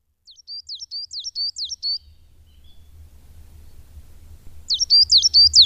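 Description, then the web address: Coal tit song, a rapid high-pitched series of repeated two-note phrases, a pause, then another burst of the same see-sawing notes over a low background hum. "agykontroll Madardalok Cd 1. Fenyves cinege"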